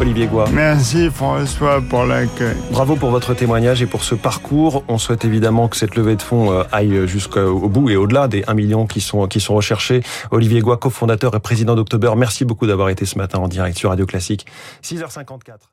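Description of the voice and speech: An adult man, a radio host, speaks French in a low, steady voice at an even, fluent pace with only brief pauses as he thanks a guest and closes a live radio segment. The speech is ordinary, with one small filler and a repeated phrase typical of live talk.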